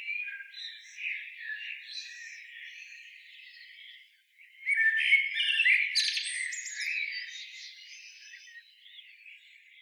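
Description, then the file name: Common blackbird calls: a jumbled run of squeaky, scratchy notes, quieter at first, then a louder burst of harsh twittering midway that fades out toward the end. "Turdus merula"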